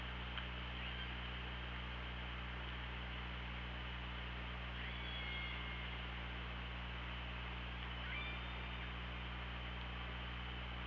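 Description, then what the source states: Killer whale calls: a few thin, drawn-out tonal squeals, including a flat whistle-like call midway and another near the end, under continuous low humming and hiss. OrcaLab hydrophone, 24 August 2017, 18:52.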